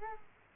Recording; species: mosquito wingbeat signal from an infrared sensor; Culex quinquefasciatus